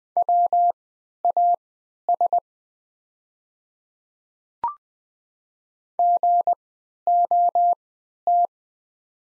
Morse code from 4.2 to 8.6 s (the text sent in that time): GOT